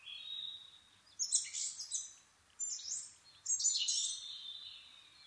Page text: kosamebitaki 20110426-0439. Muscicapa dauurica [Sounds -Nikko Today-]. 4/ 26 2011, 4:39 alt=730m